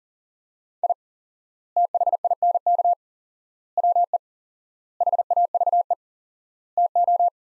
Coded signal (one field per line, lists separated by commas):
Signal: Morse code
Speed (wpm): 40 wpm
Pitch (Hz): 700 Hz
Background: none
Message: I THINK WE HAVE TO